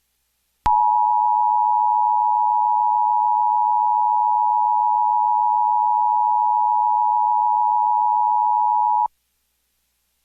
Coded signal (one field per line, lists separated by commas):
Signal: Emergency Alert System (SAME) tones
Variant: 853 and 960 Hz attention tone